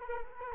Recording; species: mosquito wingbeat signal from an infrared sensor; Culex quinquefasciatus